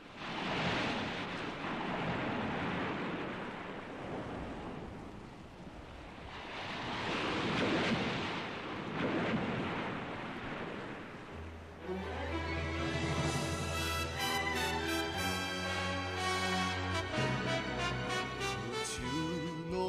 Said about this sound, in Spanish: Vamos a ver si esto de Capitán Harlock en japonés la hemos elegido bien.